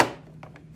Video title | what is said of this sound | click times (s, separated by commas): Embroidery with JohnZ | put this guy and it just snaps into place | 0.0 s